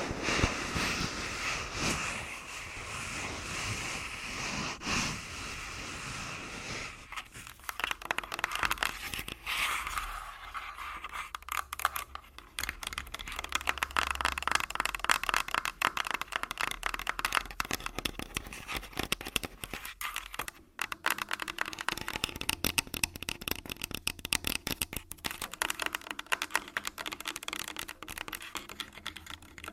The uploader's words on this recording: ASMR Tascam Full Body Tapping & Scratching (No Talking).